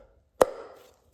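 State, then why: Seated. A new oil filter cartridge for a 2018 VW Tiguan TSI 4Motion is pressed into its plastic filter housing cap. After near silence, a single sharp snap lands at 0.4 s, followed by a brief fading ring that dies out by about 0.9 s. The cartridge is seated in the housing cap.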